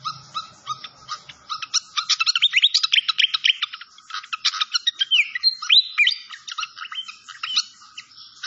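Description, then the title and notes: Malaysian pied fantail singing a quick, intense medley of chips and curving whistles, with a couple of clear downward slurs near the end. Clear-voiced song on a masteran (training recording). "Masteran Sikatan Kipas Suara Jernih Dan Suara Gemericik Air. Suara Burung Sikatan Londo"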